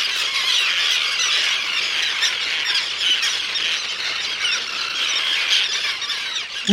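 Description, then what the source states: Many terns calling together, harsh high-pitched squawks and squeals layered into a constant colony din. Common terns and endangered roseate terns on Faulkner Island off Guilford, Connecticut, in Long Island Sound, during an annual nest count; one of the terns' last safe retreats; cries sound angry.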